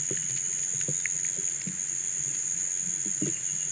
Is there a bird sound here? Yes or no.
no